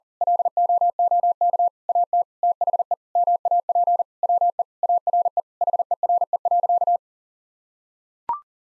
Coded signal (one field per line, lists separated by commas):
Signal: Morse code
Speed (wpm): 40 wpm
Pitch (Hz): 700 Hz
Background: none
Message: LOOK AT THE MAP WE ARE HERE.